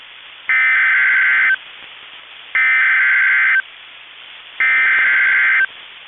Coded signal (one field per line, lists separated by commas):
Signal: Emergency Alert System (SAME) tones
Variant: header bursts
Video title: EAS Tornado Warning Northeastern Rice and Dakota County Minnesota NOAA Weather Radio KEC65